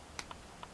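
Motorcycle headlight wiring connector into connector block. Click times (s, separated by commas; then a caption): 0.2 s. A Yamaha XJ400Z motorcycle headlight wiring connector is pulled into its plastic connector block until it latches. A sharp, bright click at 0.2 s marks it seating, followed by two softer clicks at 0.3 s and 0.6 s. The connector is confirmed latched into place.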